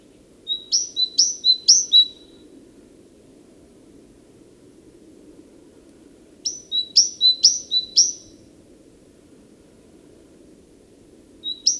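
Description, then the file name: Great tit giving two bursts of rapid two-note phrases, sharp high then lower whistled, with a long pause and another phrase starting at the end. "Parus major"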